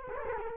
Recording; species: mosquito wingbeat signal from an infrared sensor; Culex quinquefasciatus